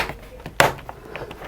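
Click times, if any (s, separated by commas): 0.6 s, 0.9 s, 1.2 s, 1.3 s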